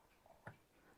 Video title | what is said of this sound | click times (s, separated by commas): Has My CPU Warped? Time To Install An Intel Contact Frame | all right there's the click so | 0.5 s